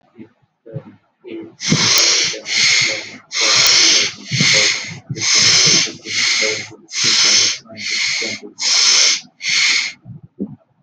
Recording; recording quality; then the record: shallow breathing; moderate, slight background noise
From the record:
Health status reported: healthy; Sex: male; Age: 19 years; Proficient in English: yes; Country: India